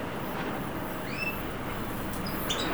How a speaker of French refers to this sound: J'entends les oiseaux.